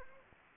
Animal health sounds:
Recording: mosquito wingbeat signal from an infrared sensor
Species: Anopheles arabiensis

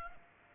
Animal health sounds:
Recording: mosquito wingbeat signal from an infrared sensor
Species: Aedes aegypti

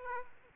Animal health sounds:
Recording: mosquito wingbeat signal from an infrared sensor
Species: Aedes aegypti

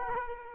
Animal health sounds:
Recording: mosquito wingbeat signal from an infrared sensor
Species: Culex quinquefasciatus

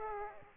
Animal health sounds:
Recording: mosquito wingbeat signal from an infrared sensor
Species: Aedes aegypti

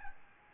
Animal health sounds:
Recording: mosquito wingbeat signal from an infrared sensor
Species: Aedes albopictus

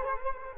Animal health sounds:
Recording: mosquito wingbeat signal from an infrared sensor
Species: Culex quinquefasciatus

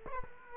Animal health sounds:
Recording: mosquito wingbeat signal from an infrared sensor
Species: Culex quinquefasciatus

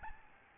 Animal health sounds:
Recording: mosquito wingbeat signal from an infrared sensor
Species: Aedes albopictus

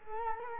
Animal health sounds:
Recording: mosquito wingbeat signal from an infrared sensor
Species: Culex quinquefasciatus

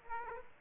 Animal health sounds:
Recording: mosquito wingbeat signal from an infrared sensor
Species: Aedes aegypti

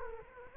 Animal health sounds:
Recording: mosquito wingbeat signal from an infrared sensor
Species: Culex quinquefasciatus

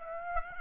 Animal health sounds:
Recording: mosquito wingbeat signal from an infrared sensor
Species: Aedes aegypti

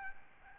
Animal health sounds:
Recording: mosquito wingbeat signal from an infrared sensor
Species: Aedes albopictus

